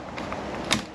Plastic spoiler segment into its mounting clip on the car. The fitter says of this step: and you hear that snap